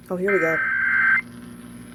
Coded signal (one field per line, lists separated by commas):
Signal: Emergency Alert System (SAME) tones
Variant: header bursts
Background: speech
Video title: National FEMA EAS Test 9/28/2016 September 28th, 2016 WBZ NewsRadio 1030 AM